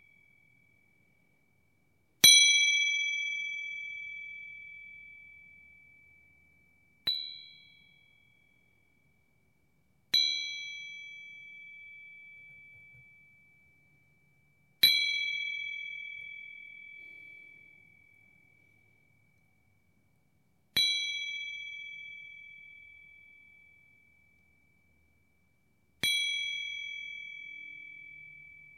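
Single wind chime strikes ring out one at a time, about every three to six seconds, each a clear bright tone that sustains and slowly fades. Six strikes in all. The silences between are near-quiet, with no leaves or birds audible.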